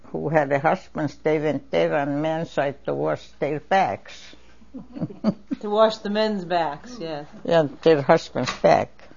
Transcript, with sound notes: who had husbands stay there on man's side to wash their backs. (chuckles)
To wash the men's backs yeah.
They're husband's back.